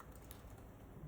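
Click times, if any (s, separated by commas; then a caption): none. Thread held taut is trailed up a self-threading needle and pushed down toward its self-threading slot, giving soft, faint ticking and rustling handling sounds. The thread has not clicked into the eye yet; nothing has seated by the end of the clip.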